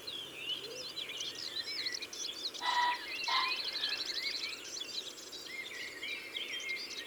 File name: Faisan de Colchide ABC des chants doiseaux